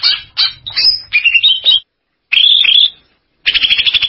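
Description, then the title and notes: Greater green leafbird song: jumbled phrases of whistles and chatter, a smoother warbled phrase, then a short burst of rapid, harsher notes. Described as a champion songbird. "Kicau Burung Cucak Ijo Juara. Suara kicauan burung cucak ijo"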